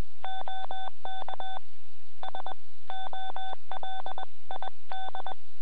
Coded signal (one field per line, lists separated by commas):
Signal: Morse code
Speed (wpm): 21 wpm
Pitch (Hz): 3500 Hz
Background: none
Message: OK SOLID